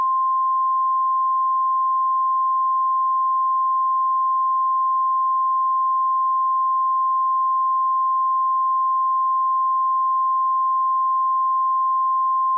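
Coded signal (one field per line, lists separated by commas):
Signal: Emergency Alert System (SAME) tones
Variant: 1050 Hz attention tone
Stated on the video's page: NOAA Weather Radio Red Flag Warning alert, a re-edited version.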